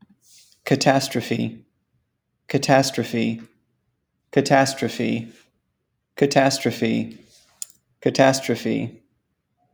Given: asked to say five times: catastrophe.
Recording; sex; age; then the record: repeated word; male; 40 to 49 years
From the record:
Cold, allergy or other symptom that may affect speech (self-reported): no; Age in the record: 43 years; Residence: Alabama, United States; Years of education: 16